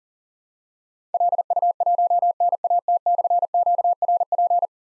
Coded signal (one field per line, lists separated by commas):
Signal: Morse code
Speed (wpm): 37 wpm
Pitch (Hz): 700 Hz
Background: none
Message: LU1NAT/QRP